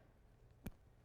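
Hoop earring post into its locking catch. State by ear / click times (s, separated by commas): seated / 0.7 s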